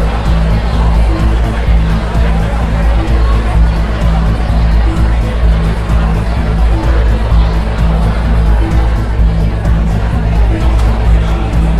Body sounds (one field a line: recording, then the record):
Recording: background sound without coughing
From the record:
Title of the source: Party Noise 1 Hour Party Ambience